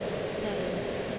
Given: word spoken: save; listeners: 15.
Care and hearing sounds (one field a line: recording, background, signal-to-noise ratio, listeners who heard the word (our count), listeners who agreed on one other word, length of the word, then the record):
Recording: one English word in noise, from a listening test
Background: speech-shaped noise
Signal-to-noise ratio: -7.0 dB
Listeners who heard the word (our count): 1 of 15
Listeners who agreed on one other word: 6 of 15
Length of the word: 0.79 s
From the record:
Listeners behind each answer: 6, 2, 1, 1, 1, 1, 1, 1, 1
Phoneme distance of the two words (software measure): 10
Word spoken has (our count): 1 syllable, 3 phonemes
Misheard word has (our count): 1 syllable, 3 phonemes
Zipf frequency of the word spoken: 5.05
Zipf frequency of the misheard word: 5.65